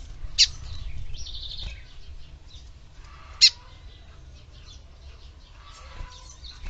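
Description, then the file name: Lined seedeater song: faint rapid twittering and buzzy notes, with a brief sustained high buzz early on, broken by two loud sharp clicks over a low rumble. "canto do bigodinho"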